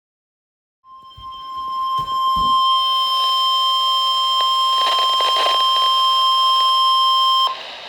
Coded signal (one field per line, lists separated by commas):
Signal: Emergency Alert System (SAME) tones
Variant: 1050 Hz attention tone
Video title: EAS Alerts + Severe Weather Event From 4/30/22.